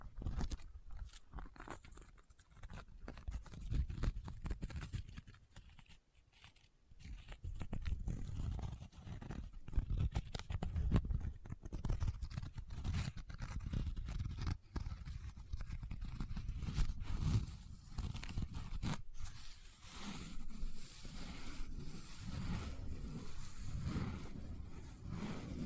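Close up paper being handled: folding, rubbing and crinkling in dense, irregular bursts with sharp crackles throughout. The sound is mostly low and rustling, with a brief near-silent pause around six seconds, and softer, smoother rubbing toward the end.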